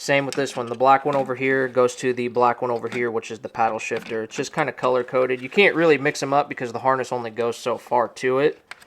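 Someone talks while handling the black paddle-shifter plug on a new carbon steering wheel harness, lining it up with its matching color-coded black plastic connector. Nothing has seated or clicked yet; the clip ends just before the plug goes home, with only a faint short tick at 8.8 s as the speech trails off.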